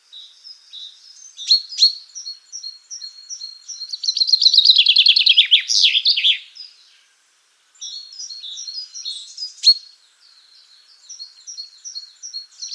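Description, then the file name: Common chaffinch: a series of thin, high chips, interrupted midway by a loud, rattling, descending song phrase, then more chipping. "Fringilla coelebs"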